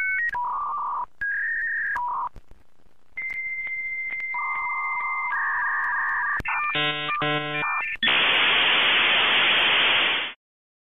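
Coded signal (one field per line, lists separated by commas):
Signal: dial-up modem handshake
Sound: dial tones, answer tone, warbling tone bursts, rapid chopped beeps, then loud steady hiss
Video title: Internet Dial-Up - Sound Effect (Sound Fx HQ)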